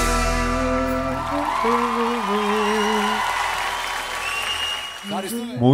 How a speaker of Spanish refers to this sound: Muchas gracias por esos aplausos que lo merecemos.